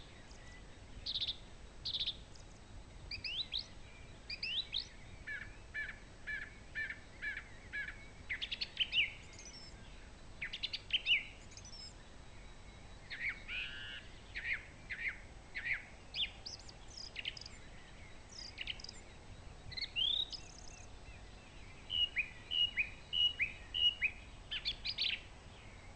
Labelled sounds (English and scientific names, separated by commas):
Song Thrush (Turdus philomelos) song